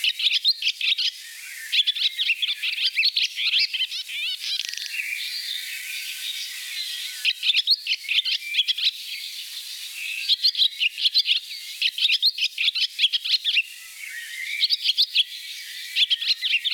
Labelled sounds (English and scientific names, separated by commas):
Barn Swallow (Hirundo rustica) song